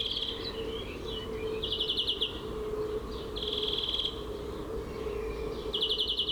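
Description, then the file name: European greenfinch song of rapid rattling trills repeated every couple of seconds, with twitters between. "Chloris chloris"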